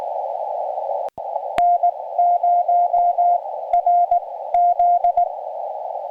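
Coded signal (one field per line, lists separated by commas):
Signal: Morse code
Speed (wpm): 19 wpm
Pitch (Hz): 700 Hz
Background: radio noise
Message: N0RZ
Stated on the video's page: CW from a summit activation of Denk Peak (W6/SC-368), restored recording.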